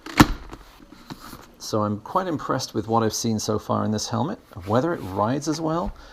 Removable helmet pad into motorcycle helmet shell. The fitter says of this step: goes in then you hear that clicking in it goes and this feels firm it's in there so